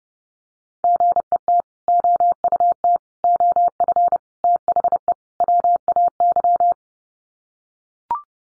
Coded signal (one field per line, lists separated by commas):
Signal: Morse code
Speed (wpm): 28 wpm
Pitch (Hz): 700 Hz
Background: none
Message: GET OUT OF THE WAY